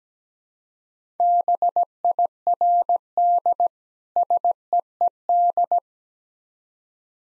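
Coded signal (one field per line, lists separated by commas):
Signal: Morse code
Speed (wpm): 17 wpm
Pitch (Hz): 700 Hz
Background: none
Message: BIRD SEED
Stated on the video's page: Morse practice of difficult words at 17 wpm with contextual hints, a copying drill.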